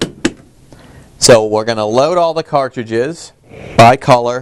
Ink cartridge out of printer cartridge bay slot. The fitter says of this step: click it out for removal so